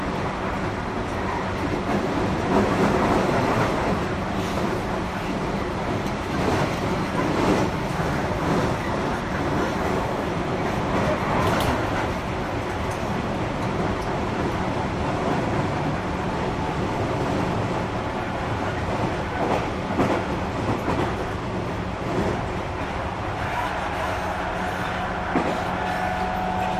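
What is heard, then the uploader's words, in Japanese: A JR 221 series train runs from Nara toward JR Namba with a steady, dense rumble, occasional rattles and clicks, and a faint whine late on. JR221系 奈良→JR難波。関西本線（大和路線）で録音をしました。車体は普通鋼製である。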